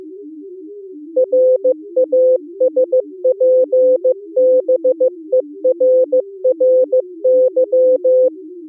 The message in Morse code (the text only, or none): RASPBERRY